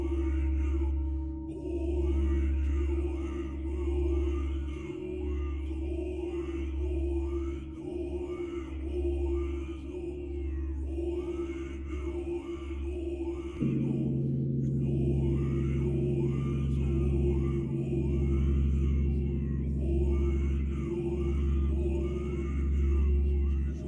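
Buddhist chanting carries on in a low, steady drone of voices, with a deep pulsing hum beneath it throughout. Near the middle the pitch of the chant shifts and the sound grows slightly fuller, while a ringing bell tone sits faintly above at the start.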